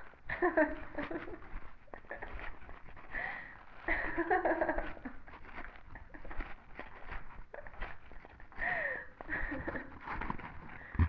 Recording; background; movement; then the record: laughter; quiet; walking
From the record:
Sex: female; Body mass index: 18.3 kg/m2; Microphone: on the chest, facing the body